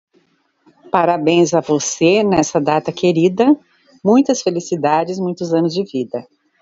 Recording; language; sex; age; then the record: short text; Brazilian Portuguese; female; 60 to 69 years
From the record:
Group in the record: control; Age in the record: 65 years